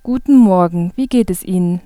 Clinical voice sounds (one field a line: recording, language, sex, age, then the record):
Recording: spoken sentence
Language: German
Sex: female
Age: 90 to 99 years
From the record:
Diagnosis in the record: hyperfunctional dysphonia, dysodia (singing voice disorder)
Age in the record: 90 years or older